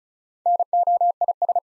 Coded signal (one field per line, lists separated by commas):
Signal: Morse code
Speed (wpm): 36 wpm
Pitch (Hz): 700 Hz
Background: none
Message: NOIS